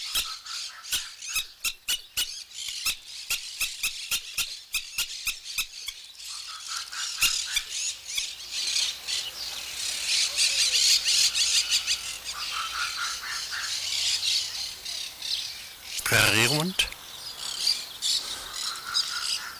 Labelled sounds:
Black-tailed Prairie Dog alarm call
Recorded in captivity
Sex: male
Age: adult
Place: Zoo Halle, Sachsen-Anhalt, DE
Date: 1999-03-30 12:35
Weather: fair, ca. 15°C
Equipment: Sony MD-WM MZ-R3, Sennheiser MKH 416 T, Kopie Uher 4000 Report Monitor
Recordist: Tembrock, Günter

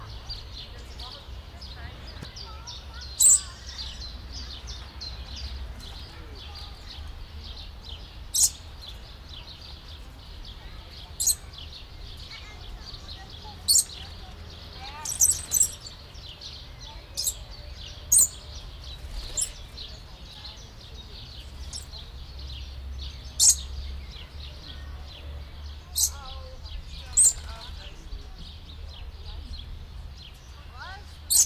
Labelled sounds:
Papuan Lorikeet call
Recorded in captivity
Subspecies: stellae
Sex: pair
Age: adult
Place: Zoo Halle, Sachsen-Anhalt, DE
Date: 1998-04-16 16:03
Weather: bedeckt, ca. 12°C
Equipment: Sony MD-WM MZ-R3, Sennheiser MKH 416 T, Kopie Uher 4000 Report Monitor
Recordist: Tembrock, Günter

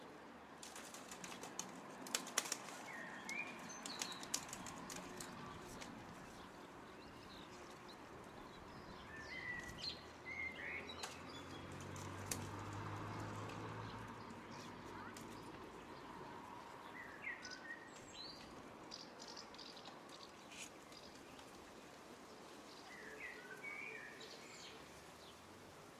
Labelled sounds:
Common House Martin call
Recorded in the wild
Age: adult
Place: Zepernick, Brandenburg, DE
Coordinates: 52.6497, 13.5436
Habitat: urban
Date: 2009-06-21 13:30
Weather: fair, ca. 20 °C, no wind
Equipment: Sound Devices 702, Rode NT1A
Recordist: Frommolt, Karl-Heinz

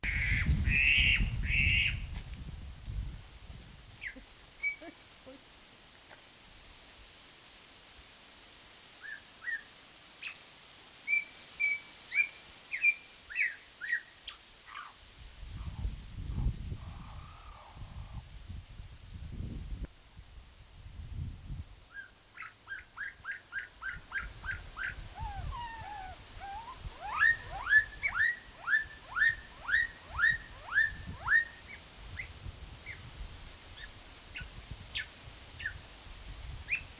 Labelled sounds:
Black-collared Starling
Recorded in captivity
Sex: group
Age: adult
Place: Tierpark Berlin, Berlin, DE
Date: 2002-09-16 14:00
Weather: overcast, partly cloudy, ca. 16 - 17°C
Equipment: Nagra SN, Kopie Uher 4000 Report Monitor
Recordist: Tembrock, Günter
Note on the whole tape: Mehrere Tiere: Gesang und diverse Lautformen (Entfernung 3 - 6 m)

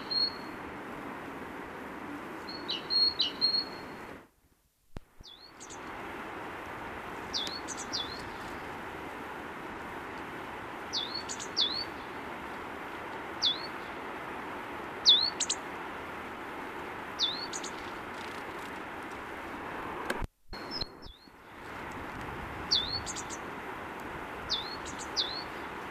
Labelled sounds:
Great Tit song
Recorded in the wild
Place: Oberstdorf, Bayern, DE
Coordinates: 47.38, 10.2969
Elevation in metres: 881
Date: 1976-04-02
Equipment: Nagra IV, Sennheiser MKH 405, Parabolreflektor
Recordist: Tretzel, Erwin
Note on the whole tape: 2./3. 04.1976, Knotenblumenwald, Dietersberg, Oberstdorf: Gesang "sitä bize", "tuis tuis" "tuis-ps-ps" und "bizet"

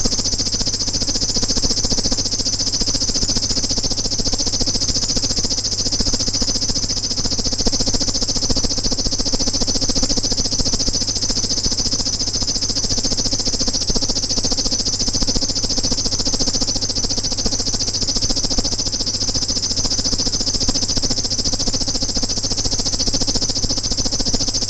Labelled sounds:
River Warbler song
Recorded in the wild
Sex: male
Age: adult
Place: Dobre Miasto, Warminsko-Mazurskie, PL
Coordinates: 54.04, 20.4844
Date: 1965-07-09 21:00
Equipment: Grundig TK 4, BG 20/6 - 19 cm/s
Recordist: Schubert, Michael
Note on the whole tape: Revier Strijkowo bei Dobre Miasto. Gesang. (Beachte die Einleitung der Strophen!)

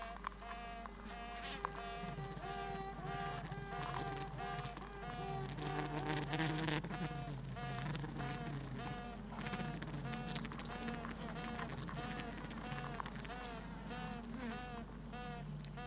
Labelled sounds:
Honey Bee
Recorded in captivity
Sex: female
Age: imago
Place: Zoologisches Institut der HUB, Berlin, DE
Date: 1964-06-16 18:30
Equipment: BG 26/1, Grundig-Mikrofon
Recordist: Tembrock, Günter

